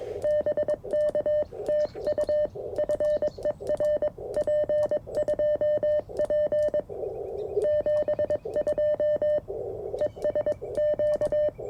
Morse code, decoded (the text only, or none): BK TU FER P2P 72 ES Q